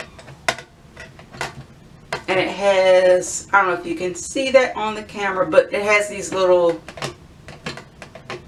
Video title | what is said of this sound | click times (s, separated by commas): December Daily Album, Kit, Stash and Progress | it kind of locks in place like that | 0.5 s